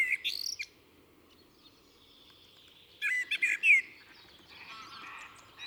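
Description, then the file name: Common blackbird song: a brief warble at the start and a fuller fluty phrase with squeaky twittering a few seconds later, with faint chatter from other birds afterwards. "Turdus merula"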